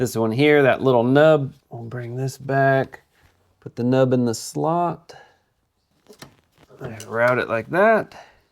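Someone talks while handling an unkeyed plastic wiring connector near its mating socket by the intake on a 2005-2007 Ford Freestar during a lower intake manifold gasket replacement. A few faint, brief handling ticks fall around 6.1 to 6.6 s during a pause in the talking. Nothing has seated or clicked yet; the connector has not been pushed on until it snaps.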